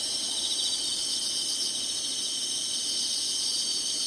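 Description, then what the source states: Insects in a steady, unbroken high-pitched shimmering drone, even in loudness throughout. Singing, in summer.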